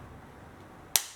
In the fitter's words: Okay, you heard the snap in there. It's all the way down.